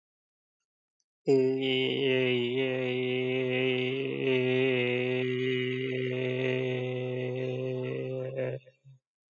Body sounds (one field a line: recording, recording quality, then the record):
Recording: sustained vowel as in made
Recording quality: excellent, no background noise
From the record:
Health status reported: healthy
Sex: male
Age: 72 years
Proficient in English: yes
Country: India